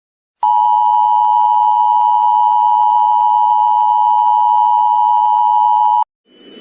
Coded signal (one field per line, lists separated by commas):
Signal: Emergency Alert System (SAME) tones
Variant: 853 and 960 Hz attention tone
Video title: The Xmas Blizzard in 2022 an EAS TImeline from Start to Finish with News Reports #winterstorm